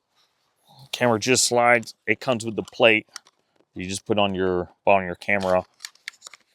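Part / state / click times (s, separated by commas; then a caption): camera base plate into shoulder-strap camera clip / seated / 6.1 s. Someone talks while a camera, with the mounting plate that comes with the Peak Design camera clip fitted to its bottom, is slid into the clip hooked to a shoulder strap. A few short, sharp clicks follow near the end, the loudest at 6.1 s, as the plate snaps into the clip and locks in securely.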